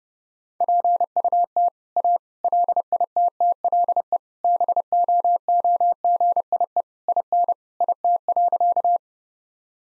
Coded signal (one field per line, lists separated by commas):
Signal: Morse code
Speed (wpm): 30 wpm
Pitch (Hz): 700 Hz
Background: none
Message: PUT A LITTLE BOOGIE IN IT.